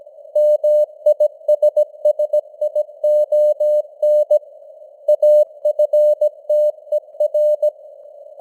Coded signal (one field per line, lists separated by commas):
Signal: Morse code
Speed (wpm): 17 wpm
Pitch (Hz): 600 Hz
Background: none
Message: MISSION AFTER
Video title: Morse Code News | 2025-11-16 | 17wpm